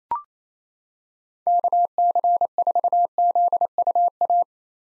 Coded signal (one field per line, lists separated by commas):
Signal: Morse code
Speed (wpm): 28 wpm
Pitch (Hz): 700 Hz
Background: none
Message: KC4ZUA